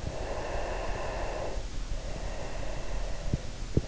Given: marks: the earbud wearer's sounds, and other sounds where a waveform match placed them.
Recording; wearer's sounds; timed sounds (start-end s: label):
sounds in sleep by an in-ear microphone; breath
0.24-3.62 s: breath